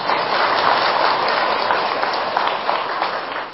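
An audience at a Buddhist dharma talk, asked to applaud themselves, breaks into steady applause, a dense, even wash of many hands clapping together that holds for a few seconds and then starts to thin out.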